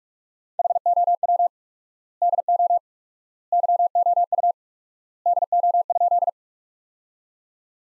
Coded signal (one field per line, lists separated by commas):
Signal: Morse code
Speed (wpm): 46 wpm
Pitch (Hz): 700 Hz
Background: none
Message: HOW DO YOU DO?